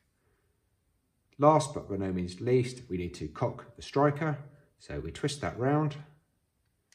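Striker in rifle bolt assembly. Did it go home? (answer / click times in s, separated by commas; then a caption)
no / none. Someone talks while the striker shroud on a SIG Cross rifle bolt assembly is being twisted round to cock the striker. The striker has not clicked or seated yet.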